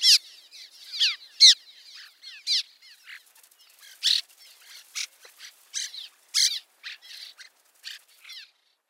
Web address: Cliff Swallow